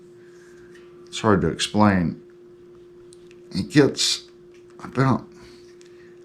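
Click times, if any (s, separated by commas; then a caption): none. A 1/4-inch instrument cable plug is pushed into the output jack of a Volgoa GTWT-05 headless guitar while someone talks over a steady low hum. Only a few faint, brief ticks are heard between the talking. The plug just compresses in and gets tight with no positive lock, and nothing has clicked into place.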